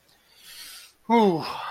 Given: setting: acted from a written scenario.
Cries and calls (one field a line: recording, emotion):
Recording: vocal sound without words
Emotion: guilt